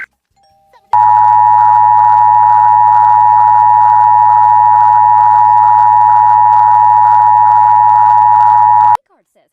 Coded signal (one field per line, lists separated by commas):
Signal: Emergency Alert System (SAME) tones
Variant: 853 and 960 Hz attention tone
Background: speech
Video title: EAS mock: amber alert has been cancelled for Montana